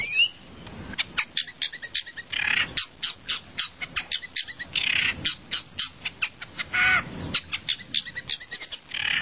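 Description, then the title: Bird song, a busy stream of sharp chirps with a few short buzzy notes, repeated rapidly. "kikicau"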